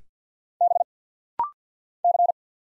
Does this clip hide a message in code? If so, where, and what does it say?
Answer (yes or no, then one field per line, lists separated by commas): yes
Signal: Morse code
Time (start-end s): 0.6-2.3 s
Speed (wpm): 48 wpm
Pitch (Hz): 700 Hz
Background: none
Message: B C